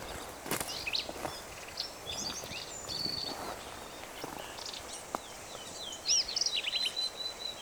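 Black-capped vireo song: quick, harsh, jumbled high phrases scattered throughout, with a louder chattering burst near the end, against background noise.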